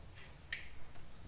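A wiring connector on a Chevrolet SS park assist sensor is plugged into the sensor. A single sharp snap is heard at 0.5 s, and the connector is seated.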